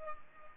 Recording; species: mosquito wingbeat signal from an infrared sensor; Culex pipiens